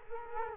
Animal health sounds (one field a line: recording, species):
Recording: mosquito wingbeat signal from an infrared sensor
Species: Culex quinquefasciatus